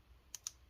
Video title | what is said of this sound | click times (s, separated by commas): Lenovo IdeaPad 5 14ARE05 81YM Disassembly SSD Upgrade Battery LCD Screen Replacement Hinge Repair | it didn't make the okay I guess it clicked in so it looks like | 0.4 s, 0.5 s